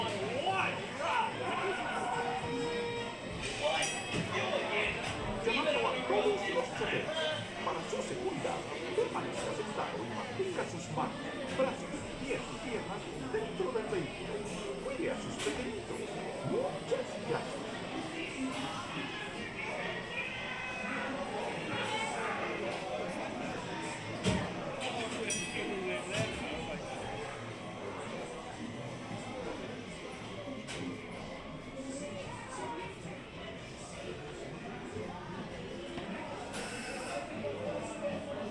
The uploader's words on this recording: Mickey's Toon Town, Disneyland Binaural Recording. In this episode, we go on another audio adventure through Disneyland Park in Anaheim, California. This time we stroll through Mickey's Toon Town just days before they were scheduled to shut down for a year of maintenance and refurbishment.